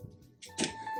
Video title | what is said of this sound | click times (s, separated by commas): Fun and Easy Tubeless Tire Change with Sealant on a Mountain Bike by Zeke | Let's make sure it's torqued. Listen for the click. | 0.6 s